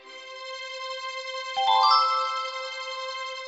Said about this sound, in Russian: Буратино вставил в замочную скважину золотой ключик. Раздался нежный звон, и дверца открылась.